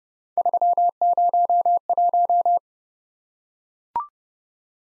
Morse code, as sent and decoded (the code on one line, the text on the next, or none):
...-- ----- .----
301